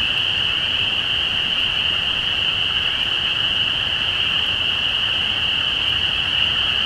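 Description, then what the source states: Spring peeper chorus, many high shrill peeps blending into one continuous ringing tone, with soft low background noise throughout. Recorded at Easter 2017.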